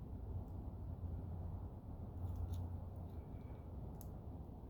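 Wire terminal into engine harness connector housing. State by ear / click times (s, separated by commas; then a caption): seated / 4.0 s. A crimped wire terminal is pushed into a plastic engine harness connector housing while wiring a drive-by-wire throttle body swap on a 1998 B5 A4. Over a steady low rumble with faint high ticks, a short, sharp click sounds at 4.0 s as the terminal locks. A tug on the wire confirms it is seated and won't come out.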